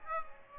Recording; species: mosquito wingbeat signal from an infrared sensor; Aedes aegypti